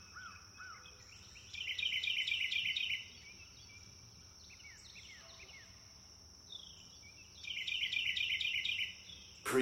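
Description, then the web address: Birds chirping: two loud bursts of fast, high twittering separated by scattered softer down-slurred notes; a sharp click at the very end over a constant low hum. Forest birds chirping. "sound-effects-bible Forest Birds Chirp"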